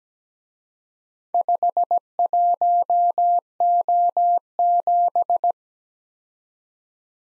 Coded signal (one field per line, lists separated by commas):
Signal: Morse code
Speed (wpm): 20 wpm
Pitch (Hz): 700 Hz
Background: none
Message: 51O7